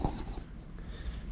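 The plastic glove compartment door handle on an OBS F150 truck dashboard is worked, producing a sharp handle knock at 0.1 s and a softer door rattle at 0.8 s over a low background rumble. The handle doesn't latch, so the latch fails to catch and nothing has clicked shut.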